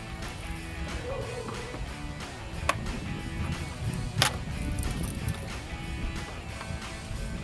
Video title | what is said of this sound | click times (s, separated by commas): Jeep Wrangler JK Edge Evolution CTS3 Tuner Review & Install | Comme vous pouvez le voir, il n'y a que quelques languettes qui se clipsent tout au long de ce processus. | 2.7 s, 4.2 s